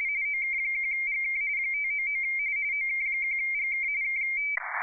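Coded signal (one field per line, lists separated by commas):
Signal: RTTY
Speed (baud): 45.45 baud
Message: OK1GK 599 OK1GK K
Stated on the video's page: RTTY contest operation on 30 m, keyed by contest software with integrated Cocoamodem.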